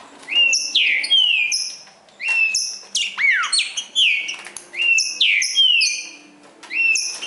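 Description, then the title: Green-winged saltator song: rich, loud whistled phrases with descending slurs, given in several bursts with brief pauses. Singing in the forest while competing with a wild bird. "Trinca Ferro NICÃ O"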